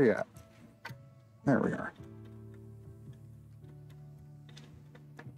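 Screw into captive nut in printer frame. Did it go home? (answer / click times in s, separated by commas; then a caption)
no / none. A screw is driven toward a captive nut in the frame of a small 3D printer during assembly, but it fails to catch the nut and does not thread in. Someone talks over a steady low hum, with a sharp tick at 0.9 s and a few faint small clicks and taps near the end. Nothing has seated or clicked yet.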